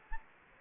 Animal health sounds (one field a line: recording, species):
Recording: mosquito wingbeat signal from an infrared sensor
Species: Anopheles gambiae